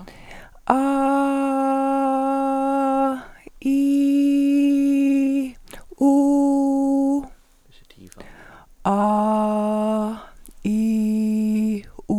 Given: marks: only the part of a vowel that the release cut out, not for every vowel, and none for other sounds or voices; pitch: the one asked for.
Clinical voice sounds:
sustained vowels; female; 50 to 59 years
0.88-2.37 s: vowel /a/, high pitch
3.92-5.27 s: vowel /i/, high pitch
6.15-7.11 s: vowel /u/, high pitch
9.08-10.04 s: vowel /a/, low pitch
10.82-11.67 s: vowel /i/, low pitch
From the record:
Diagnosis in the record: recurrent laryngeal nerve paralysis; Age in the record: 51 years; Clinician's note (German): Alte rechts mit Kompensation; geringe Bewegungseinschrängkung

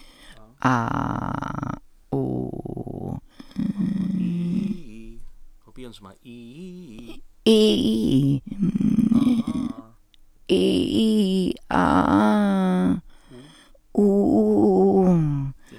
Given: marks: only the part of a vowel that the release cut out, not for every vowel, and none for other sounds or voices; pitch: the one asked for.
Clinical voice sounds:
sustained vowels; female; 60 to 69 years
0.72-1.67 s: vowel /a/, low pitch
2.22-3.10 s: vowel /u/, low pitch
7.53-8.31 s: vowel /i/, low-high-low pitch
11.81-12.84 s: vowel /a/, low-high-low pitch
14.07-15.04 s: vowel /u/, low-high-low pitch
From the record:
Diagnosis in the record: recurrent laryngeal nerve paralysis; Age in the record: 69 years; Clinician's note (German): Doppelseitige mit ausgesprägtem Stridor; Glottiserweiterung mit Laser?

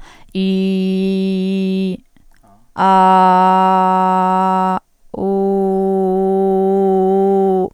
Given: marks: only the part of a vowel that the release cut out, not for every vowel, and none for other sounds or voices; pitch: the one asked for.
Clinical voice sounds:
sustained vowels; female; 30 to 39 years
0.46-1.83 s: vowel /i/, low pitch
2.94-4.67 s: vowel /a/, low pitch
5.38-7.50 s: vowel /u/, low pitch
From the record:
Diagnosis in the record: stuttering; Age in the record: 36 years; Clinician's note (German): Balbuties

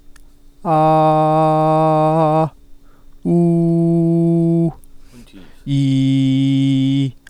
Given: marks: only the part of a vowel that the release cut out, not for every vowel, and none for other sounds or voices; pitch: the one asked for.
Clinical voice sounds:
sustained vowels; male; 40 to 49 years
0.78-2.18 s: vowel /a/, high pitch
3.35-4.58 s: vowel /u/, high pitch
5.78-7.00 s: vowel /i/, low pitch
From the record:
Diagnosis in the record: healthy voice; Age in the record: 41 years

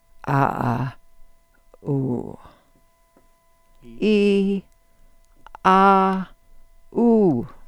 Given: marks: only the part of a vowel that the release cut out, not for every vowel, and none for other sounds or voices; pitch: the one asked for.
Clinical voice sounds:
sustained vowels; female; 80 to 89 years
0.30-0.83 s: vowel /a/, low pitch
1.89-2.22 s: vowel /u/, low pitch
4.03-4.55 s: vowel /i/, low-high-low pitch
5.66-6.17 s: vowel /a/, low-high-low pitch
6.98-7.33 s: vowel /u/, low-high-low pitch
From the record:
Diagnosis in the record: presbyphonia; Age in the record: 87 years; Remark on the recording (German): Alle u's zu kurz, also un, uh, ul, um. Trotzdem alle gelabelt, so, wie sie realisiert wurden.

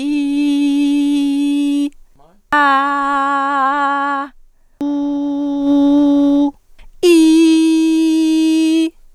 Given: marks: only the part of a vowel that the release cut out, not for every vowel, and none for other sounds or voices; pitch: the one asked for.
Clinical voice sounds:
sustained vowels; female; 40 to 49 years
0.00-1.69 s: vowel /i/, normal pitch
2.58-4.12 s: vowel /a/, normal pitch
4.84-6.45 s: vowel /u/, normal pitch
7.09-8.82 s: vowel /i/, high pitch
From the record:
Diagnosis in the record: singing voice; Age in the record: 41 years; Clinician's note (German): Akuter Infekt im Resonanztrakt, ausgebildete Stimme

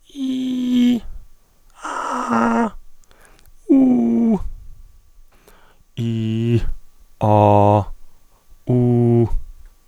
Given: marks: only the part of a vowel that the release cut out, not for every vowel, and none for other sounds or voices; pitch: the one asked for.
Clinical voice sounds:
sustained vowels; male; 20 to 29 years
0.34-0.92 s: vowel /i/, high pitch
2.04-2.63 s: vowel /a/, high pitch
3.74-4.31 s: vowel /u/, high pitch
6.02-6.55 s: vowel /i/, low pitch
7.26-7.77 s: vowel /a/, low pitch
8.73-9.23 s: vowel /u/, low pitch
From the record:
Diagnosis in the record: stuttering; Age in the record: 28 years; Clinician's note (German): Strobosk. o. B.

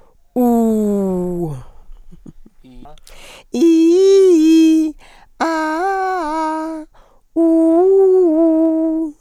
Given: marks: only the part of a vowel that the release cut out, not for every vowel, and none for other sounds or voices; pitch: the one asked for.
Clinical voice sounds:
sustained vowels; female; 70 to 79 years
0.39-1.41 s: vowel /u/, low pitch
3.62-4.83 s: vowel /i/, low-high-low pitch
5.44-6.66 s: vowel /a/, low-high-low pitch
7.40-9.00 s: vowel /u/, low-high-low pitch
From the record:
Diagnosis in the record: hyperfunctional dysphonia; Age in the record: 73 years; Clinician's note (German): Leichte Form

